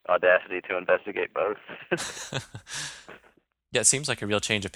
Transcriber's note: laughs